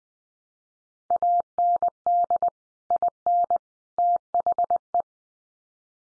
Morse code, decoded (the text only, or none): AND IN THE